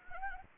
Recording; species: mosquito wingbeat signal from an infrared sensor; Anopheles gambiae